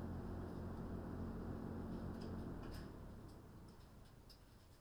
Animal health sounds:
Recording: poultry house recording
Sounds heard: no chicken sound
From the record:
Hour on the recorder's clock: 20

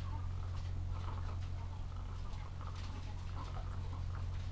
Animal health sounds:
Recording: poultry house recording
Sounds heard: sick chickens (respiratory disease)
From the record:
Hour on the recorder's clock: 14

